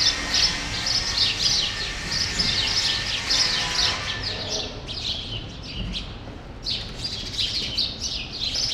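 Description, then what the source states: Sparrows in a rapid, overlapping chorus of shrill chirps that thins for a moment midway, then picks up again. Sparrows still present in a small remnant of a once-large grove, Rue Saint-Jean Népomucène, Brussels, Belgium; recorded with Earsight V2 AB microphones into a Zoom F3.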